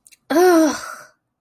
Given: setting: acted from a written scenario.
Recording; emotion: vocal sound without words; anger